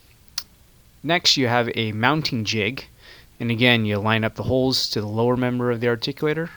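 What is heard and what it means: A white plastic mounting plate holding a magnet is lined up by its holes and pressed onto the upper member of a dental articulator, snapping into place with a sharp, loud click at 0.4 s, just after a faint tick at 0.3 s. Someone then talks about the next step.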